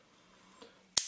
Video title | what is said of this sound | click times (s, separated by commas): Cleaning lens elements in Canon FD 50mm 1:1.4 Breech-lock version (maybe Haze) | move it and it will lock into place so | 1.0 s